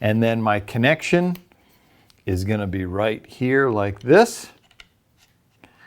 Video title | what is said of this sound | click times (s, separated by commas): TightSpot Air Lock 4 Arrow Quiver | with this big lever here that thing is nice once you lock that down | 4.8 s